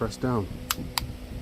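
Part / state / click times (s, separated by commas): ignition switch into mower dash panel / seated / 0.7 s, 1.0 s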